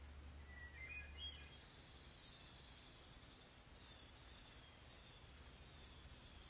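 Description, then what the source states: Hermit Thrush song, a fluty phrase rising from a lower opening note into higher ringing notes, followed by another brief phrase a few seconds later. Heard from a porch in the morning as fog over a pond lifts after a rainy night, Monday, July 6, 2020; bird singing vigorously.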